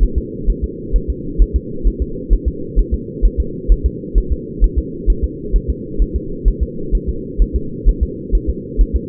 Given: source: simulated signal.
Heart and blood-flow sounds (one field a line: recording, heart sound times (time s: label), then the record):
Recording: fetal heart sounds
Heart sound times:
0.03 s: S1
0.18 s: S2
0.50 s: S1
0.64 s: S2
0.96 s: S1
1.10 s: S2
1.42 s: S1
1.56 s: S2
1.88 s: S1
2.02 s: S2
2.33 s: S1
2.48 s: S2
2.79 s: S1
2.94 s: S2
3.25 s: S1
3.40 s: S2
3.72 s: S1
3.86 s: S2
4.18 s: S1
4.32 s: S2
4.64 s: S1
4.78 s: S2
5.10 s: S1
5.24 s: S2
5.56 s: S1
5.70 s: S2
6.02 s: S1
6.16 s: S2
6.48 s: S1
6.63 s: S2
6.95 s: S1
7.09 s: S2
7.42 s: S1
7.56 s: S2
7.89 s: S1
8.03 s: S2
8.35 s: S1
8.50 s: S2
8.81 s: S1
8.96 s: S2
From the record:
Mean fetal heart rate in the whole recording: 130 bpm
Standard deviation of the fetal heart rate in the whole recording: 2 bpm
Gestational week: 36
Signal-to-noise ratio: -4.3 dB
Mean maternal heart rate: 72 bpm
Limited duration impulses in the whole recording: absent